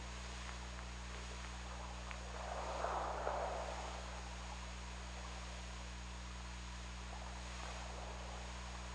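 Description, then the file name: Killer whale call underwater: a single wavering call about three seconds in, rising from the hiss, with a constant low-pitched hum throughout. OrcaLab hydrophone, 17 February 2018, 21:55. "Orca Lab 20180217 215550"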